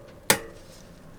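A cassette lockring on a mountain bike rear hub is tightened clockwise with a tool after ratcheting. A single sharp click sounds at 0.3 s, then a short decay into quiet background. The lockring is seated correctly on the cassette.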